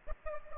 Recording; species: mosquito wingbeat signal from an infrared sensor; Aedes aegypti